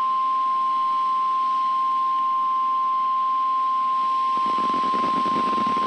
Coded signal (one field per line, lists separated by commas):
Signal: Emergency Alert System (SAME) tones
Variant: 1050 Hz attention tone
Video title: Real EAS #549 - Tornado Warning